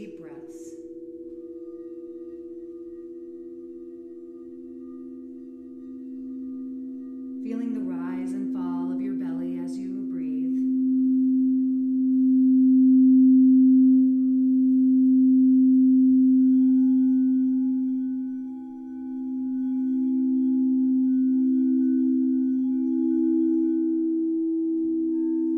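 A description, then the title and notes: A sound bath built on a sustained low humming tone, like a singing bowl, that holds steady while slowly swelling and ebbing in volume. From about seven to ten seconds a brief fluttering, buzzy layer rises over it, then fades; faint higher tones linger later. Self-Love Sound Bath.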